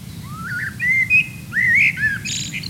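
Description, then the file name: Common blackbird song: low fluted warbling whistles sliding upward, followed by a brief high squeaky twitter at the end of the phrase. "Turdus merula"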